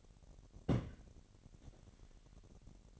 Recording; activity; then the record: daily activity, microphone in the room; place on stove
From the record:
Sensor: 4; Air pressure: 1012.9 hPa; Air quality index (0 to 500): 240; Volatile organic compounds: 4 ppm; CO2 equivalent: 1599 ppm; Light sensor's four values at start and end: 27/64/26/25 and 27/65/26/25